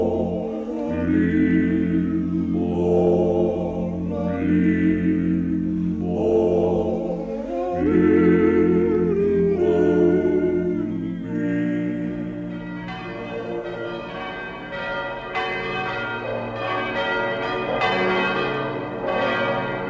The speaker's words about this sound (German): Das sind die Glocken von Schellenberg. Der Ort liegt auf einer Anhöhe, hat eine schöne Kirche und wie Sie hören, ein großes Geläute.